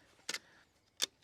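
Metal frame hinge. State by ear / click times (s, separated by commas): seated / 0.3 s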